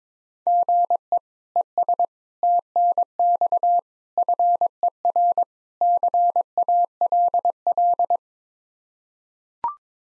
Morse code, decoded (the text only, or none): GE ES TNX FER CALL